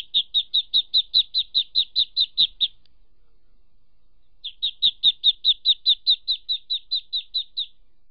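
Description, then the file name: Ducklings peeping, two steady runs of many short, high chirps, separated by a brief pause. "Tieng vit con keu"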